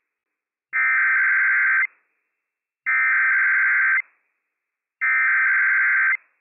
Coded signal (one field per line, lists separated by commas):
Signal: Emergency Alert System (SAME) tones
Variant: header bursts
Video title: When Franklin County EM Tests 4 Times a Day Early - WWF56 - EAS #301-304 - 11/23/22